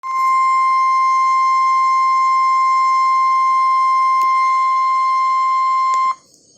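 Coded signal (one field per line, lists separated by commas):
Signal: Emergency Alert System (SAME) tones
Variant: 1050 Hz attention tone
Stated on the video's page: Severe thunderstorm warning received from weather radio station KWO39.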